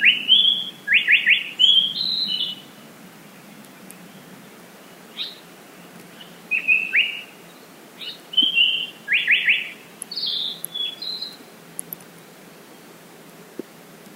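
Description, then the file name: Japanese paradise flycatcher song, a high flat whistled note followed by a rapid run of three downslurred notes, the phrase heard twice with scattered quieter notes and gaps between. "sankocho"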